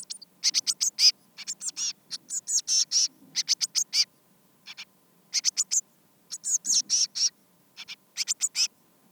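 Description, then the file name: Eurasian blue tit chattering in rapid groups of sharp, raspy high notes, broken by short silences. "Cyanistes caeruleus"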